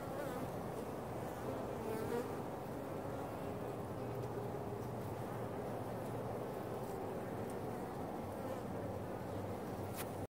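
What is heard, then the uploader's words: Bees hum in a dense, steady low drone that never lets up, a thick buzz with a few faint clicks above it. Bees found a cool spot to nest.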